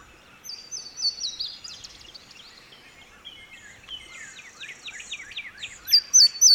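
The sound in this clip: A bird sings a quick series of high whistles, then a jumble of rising and falling chirps, ending with a bright, loud repeated phrase.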